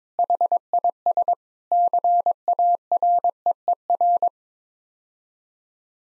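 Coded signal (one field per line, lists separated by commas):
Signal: Morse code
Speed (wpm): 22 wpm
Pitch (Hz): 700 Hz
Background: none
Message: HIS CAREER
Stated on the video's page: Morse practice at 22 wpm: sets of seven common words (7-grams) for head-copy, each sent twice.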